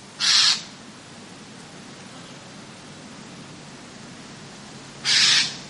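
Eurasian jay uttering two loud, grating screeches separated by a long pause of over four seconds, over a soft steady hiss.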